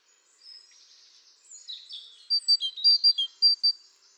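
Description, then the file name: Great tit song: after a soft, scratchy start, a quick run of bright, high notes alternating with slightly lower ones. "Parus major"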